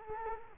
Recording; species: mosquito wingbeat signal from an infrared sensor; Culex quinquefasciatus